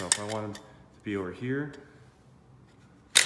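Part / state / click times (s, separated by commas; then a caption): rotating auto-feed attachment on a screw gun body / seated / 3.2 s. A Quik Drive auto-feed attachment on a DeWalt floor screw gun body is rotated to a new angle while someone talks. At 3.2 s a sharp click is heard as the attachment snaps into a detent and is seated in place.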